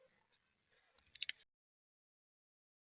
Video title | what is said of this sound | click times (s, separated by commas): LG Washing Machine water not coming problem fixed - How to fix water not filling in tub problem. | ఇటు 2 లాక్స్ కూడా కరెక్ట్గా lock అయిపోయాయి. | 1.2 s, 1.3 s